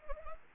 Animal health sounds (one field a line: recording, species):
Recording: mosquito wingbeat signal from an infrared sensor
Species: Anopheles arabiensis